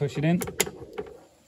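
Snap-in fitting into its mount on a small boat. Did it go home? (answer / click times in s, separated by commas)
yes / 1.0 s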